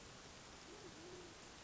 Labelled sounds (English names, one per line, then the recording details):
Band-tailed Pigeon
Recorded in Sonoma County, California